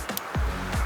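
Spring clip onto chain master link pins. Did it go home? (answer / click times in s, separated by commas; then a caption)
no / none. Needle-nose pliers pinch the spring clip of the master link onto the link pins of a new chain on a Yamaha PW80, whose worn-out chain and sprockets are being replaced. A brief metallic tick lands near 0.1 s and a sharper one at 0.2 s, followed by low swelling, music-like tones from about 0.35 s to the end. Nothing has seated or clicked home yet.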